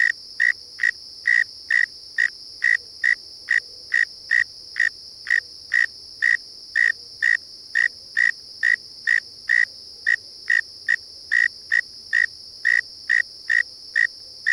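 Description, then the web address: Northern mole cricket song: short, evenly spaced chirps repeated about twice a second, with a steady high drone running continuously behind. "The Songs of Insects. Northern Mole Cricket"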